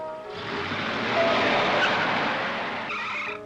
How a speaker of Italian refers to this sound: Niente, stavo uscendo di strada, ho frenato. Ma qui sta bruciando qualcosa. Madonna, ma qui brucia la ruota.